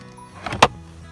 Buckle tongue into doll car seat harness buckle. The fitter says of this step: Let's see, make sure it clicks.